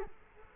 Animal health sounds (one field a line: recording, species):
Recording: mosquito wingbeat signal from an infrared sensor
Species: Culex quinquefasciatus